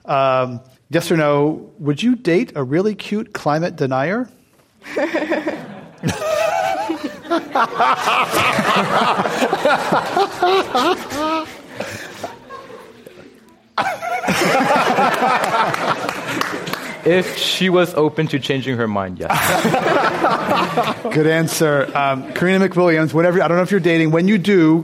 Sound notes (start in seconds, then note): 4.8 laughter; 19.3 laughter